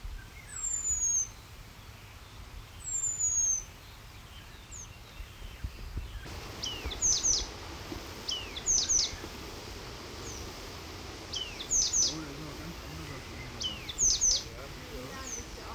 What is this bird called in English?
Eurasian Penduline Tit